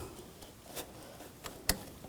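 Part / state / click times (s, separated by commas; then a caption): electrical connector onto the inverter coolant water pump / seated / 1.7 s. A plastic electrical connector is pushed onto the new inverter coolant water pump of a 2004-2009 Toyota Prius. Faint ticks at 1.5 s and 2.1 s surround one sharp click at 1.7 s, where the connector clicks in and is seated.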